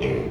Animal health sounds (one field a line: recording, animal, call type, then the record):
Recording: contact call of a hoofed animal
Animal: pig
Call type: closed-mouth grunt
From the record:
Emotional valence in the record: negative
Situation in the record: short social isolation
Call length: 0.31 s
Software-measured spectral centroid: 1410 Hz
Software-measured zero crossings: 1120 a second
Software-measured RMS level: -24 dBFS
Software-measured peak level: -12 dBFS